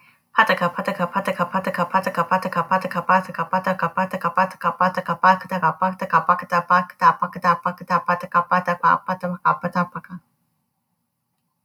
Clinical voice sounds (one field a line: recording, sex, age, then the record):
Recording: repeated syllables /pa ta ka/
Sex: female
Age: 30 to 39 years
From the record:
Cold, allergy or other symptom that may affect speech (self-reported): no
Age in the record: 30 years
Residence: Florida, United States